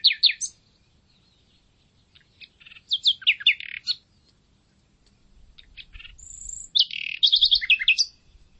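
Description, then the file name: Common nightingale song: short bursts of sharp chirps and trills, a long high whistle, then a fast rattling series. "Luscinia megarhynchos"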